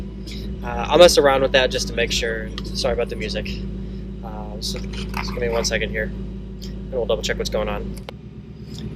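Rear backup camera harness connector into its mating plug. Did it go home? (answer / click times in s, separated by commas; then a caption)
yes / 8.8 s. Someone talks while a rear backup camera harness connector on a Mustang is unplugged and pushed back into its mating plug by hand, with music and a steady low hum in the background. A short sharp click at 8.8 s marks the connector seating.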